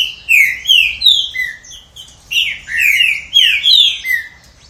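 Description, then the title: Green-winged saltator whistling two phrases of bright slurred notes over a quiet background. "Trinca Ferro"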